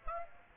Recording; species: mosquito wingbeat signal from an infrared sensor; Aedes aegypti